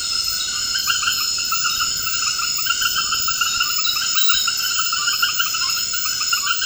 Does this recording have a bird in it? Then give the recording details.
no. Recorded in dense forest near Puerto Asís, Putumayo, Colombia, on 18 February 2024 at 22:30. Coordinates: 0.472, -76.329. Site G6394